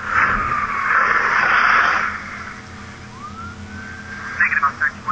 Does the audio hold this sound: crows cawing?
no